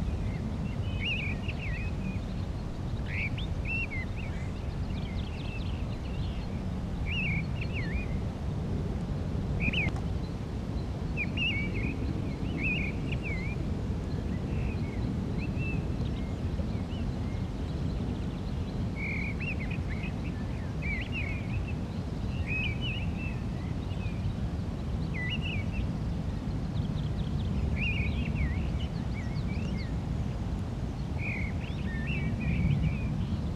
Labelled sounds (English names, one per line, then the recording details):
Mistle Thrush song
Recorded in the wild
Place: Garmisch-Partenkirchen, Bayern, DE
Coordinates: 47.4981, 11.1306
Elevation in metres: 1043
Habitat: mountains
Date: 1980-03-29
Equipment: Uher 4000 Report, Sennheiser MKH 815 T
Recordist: Tretzel, Erwin